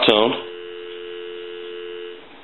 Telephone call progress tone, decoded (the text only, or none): dial tone